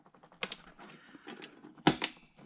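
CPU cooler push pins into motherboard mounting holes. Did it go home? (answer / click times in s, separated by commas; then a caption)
yes / 0.4 s, 0.5 s, 1.9 s, 2.0 s. A stock Intel CPU cooler is lined up over the four motherboard mounting holes, and its plastic push pins are pressed down into the holes. Sharp snaps ring out at 0.4 s and 0.5 s, then again at 1.9 s and 2.0 s, between softer scrapes and taps. Each pin snaps in and the cooler is seated on the board.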